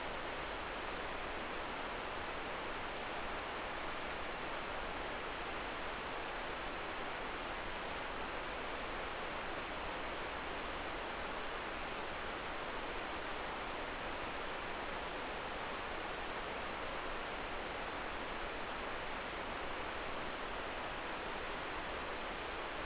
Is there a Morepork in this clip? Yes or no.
no